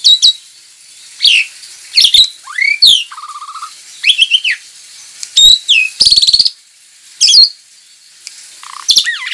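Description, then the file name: Javan pied starling song: lively mix of harsh chatters, swooping whistles, a brief rattle and buzzy bursts, repeated with short pauses throughout. Lure call (pancingan) used to draw or stimulate birds. "suara pancingan jalak suren"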